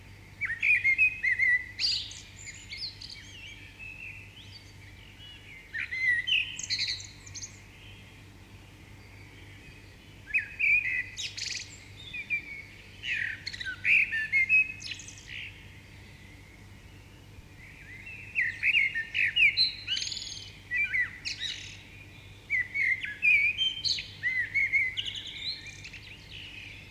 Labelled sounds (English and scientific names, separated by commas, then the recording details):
Common Blackbird (Turdus merula) song
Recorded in the wild
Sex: male
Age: adult
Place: Bielefeld-Mitte, Nordrhein-Westfalen, DE
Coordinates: 52.0072, 8.54694
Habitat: residential district
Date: 1969-04-07
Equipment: Uher 4000 Report-S, Bändchenmikro Beyer M 260, Parabolspiegel Polyester (470 mm)
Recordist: Conrads, Klaus
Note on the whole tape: Bielefeld, Detmolder Straße 133. Männchen auf dem Haus: Gesang, Menschenpfiffimitation